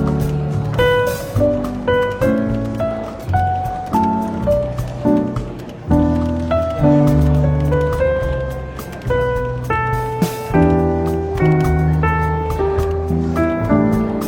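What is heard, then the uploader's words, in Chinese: Soft jazz plays steadily with a walking bass and piano chords, while a faint murmur of café chatter and clinks runs underneath. 伦敦书店咖啡馆轻微喧闹氛围与柔和轻松的爵士背景音乐。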